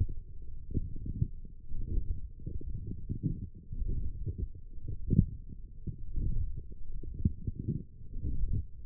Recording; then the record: forearm muscle sounds (acoustic myography)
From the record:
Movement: forearm pronation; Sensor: system 1, eight BSWA MPA416 microphones around the upper forearm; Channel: 4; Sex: male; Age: 20 years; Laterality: left